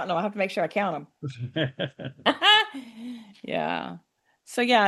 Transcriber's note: laughs